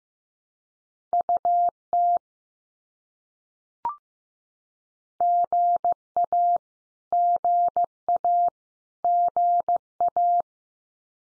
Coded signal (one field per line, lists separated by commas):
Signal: Morse code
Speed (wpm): 15 wpm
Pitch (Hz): 700 Hz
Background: none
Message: UT GA GA GA